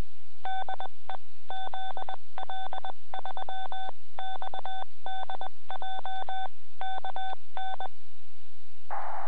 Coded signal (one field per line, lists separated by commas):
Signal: Morse code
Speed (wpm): 21 wpm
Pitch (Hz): 3500 Hz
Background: none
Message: DE ZL3XDJ KN